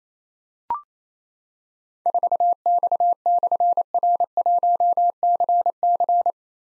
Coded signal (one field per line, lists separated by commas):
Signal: Morse code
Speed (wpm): 28 wpm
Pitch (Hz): 700 Hz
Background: none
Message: 4X/R1CC